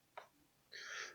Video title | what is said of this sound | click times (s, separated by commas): AIRFIX LIGHTNING F2 HOW TO BUILD IT! | butt click into place it does and we do that on the other Wing as well | 0.2 s